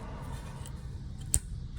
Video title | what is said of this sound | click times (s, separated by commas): Lexus Rx 350 ( 2016-2022) rear brake pads replacement with EPB | Push it in until it clicks into place. | 1.3 s